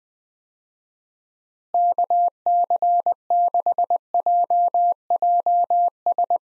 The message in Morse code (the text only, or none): KC6JJS